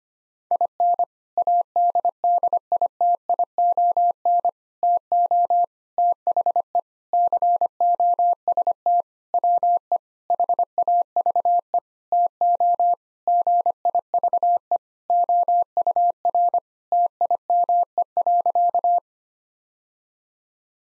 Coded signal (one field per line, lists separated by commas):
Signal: Morse code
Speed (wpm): 25 wpm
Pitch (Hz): 700 Hz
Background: none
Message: IN ADDITION TO THE COST WE HAVE TO GIVE OUR TIME.